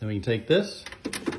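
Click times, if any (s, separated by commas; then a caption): none. A plastic cover piece is picked up by hand to be pressed back into its housing after a nut has been hand-tightened, and someone talks over brief handling knocks and rustles. Nothing has seated or clicked yet.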